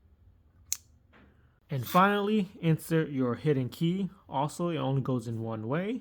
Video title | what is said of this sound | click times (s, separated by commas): KEYFOB BATTERY REPLACEMENT on my Supercharged 2014 Audi Q5 3.0T Quattro! | make sure you hear it click. | 0.7 s